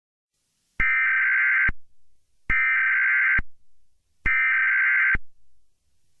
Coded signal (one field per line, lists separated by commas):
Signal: Emergency Alert System (SAME) tones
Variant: header bursts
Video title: EAS Scenario #6: Gone